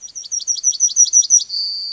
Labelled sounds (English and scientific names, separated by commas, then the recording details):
Yellowhammer (Emberiza citrinella) song
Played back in forest
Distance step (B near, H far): B
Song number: 151